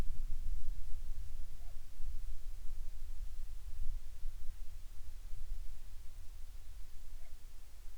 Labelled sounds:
bird
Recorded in the Prudhoe Bay oil fields, Alaska, on 10 July 2019 at 14:36
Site 14

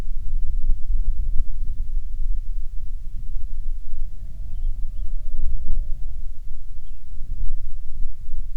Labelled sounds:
songbird
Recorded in the Prudhoe Bay oil fields, Alaska, on 6 August 2019 at 04:47
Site 22

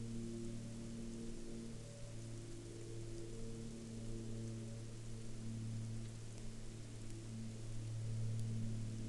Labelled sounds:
rain
aircraft
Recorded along the Dalton Highway, Alaska, on 26 September 2019 at 10:44
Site 02

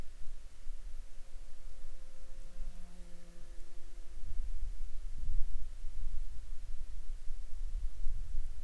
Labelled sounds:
insects
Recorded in Ivvavik National Park, Yukon, on 19 May 2019 at 11:36
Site SINP08

